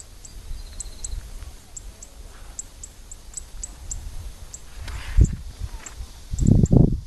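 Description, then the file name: Zitting cisticola calls: thin, high clicking notes repeated steadily, with low thumps and rustling bursts near the end. Recorded in Suncheon, South Korea. "Zitting Cisticola Suncheon South Korea"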